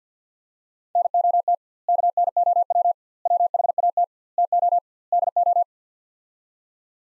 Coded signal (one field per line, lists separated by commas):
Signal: Morse code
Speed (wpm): 50 wpm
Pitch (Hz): 700 Hz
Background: none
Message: NOT KNOW WHAT TO DO